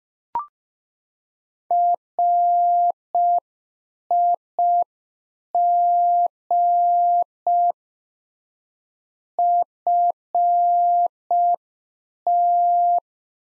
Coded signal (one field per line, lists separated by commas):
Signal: Morse code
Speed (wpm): 5 wpm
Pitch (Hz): 700 Hz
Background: none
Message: RIG FT